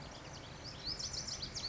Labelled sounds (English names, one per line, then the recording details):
Lazuli Bunting
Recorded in Sonoma County, California